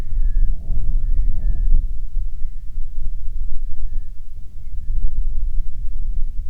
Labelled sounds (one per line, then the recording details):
loon
wind
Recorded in the Prudhoe Bay oil fields, Alaska, on 6 August 2019 at 04:48
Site 22